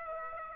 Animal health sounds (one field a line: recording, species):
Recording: mosquito wingbeat signal from an infrared sensor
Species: Aedes aegypti